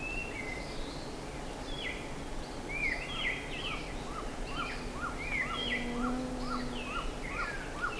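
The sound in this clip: Mixed bird calls: whistled slurs and chirps early, then a run of short repeated notes.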